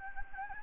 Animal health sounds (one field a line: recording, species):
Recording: mosquito wingbeat signal from an infrared sensor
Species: Anopheles gambiae